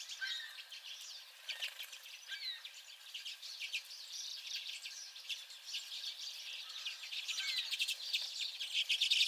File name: Common Redpolls and at least one Pine Siskin